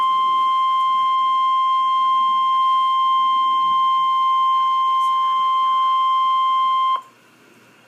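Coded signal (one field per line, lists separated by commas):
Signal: Emergency Alert System (SAME) tones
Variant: 1050 Hz attention tone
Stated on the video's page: Severe Thunderstorm Warning from NOAA Weather Radio station, Little Rock forecast office, captured from a live stream.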